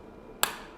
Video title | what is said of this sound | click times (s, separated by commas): Dr Advincula with ALLY UPS – Draping Adapter | you're gonna hear it clip into place right when you hear that click you know your your knowing the right location then | 0.4 s